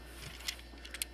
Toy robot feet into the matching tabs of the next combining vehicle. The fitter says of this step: snap right in here